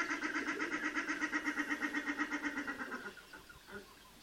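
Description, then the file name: Common shelduck calling in a rapid, evenly spaced string of hoarse nasal notes for three seconds, then the calls stop and only a few faint sounds remain. "Volpoca"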